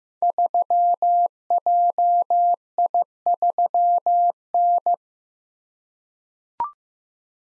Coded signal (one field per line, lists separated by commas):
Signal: Morse code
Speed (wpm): 15 wpm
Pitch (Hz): 700 Hz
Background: none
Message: 3JI3N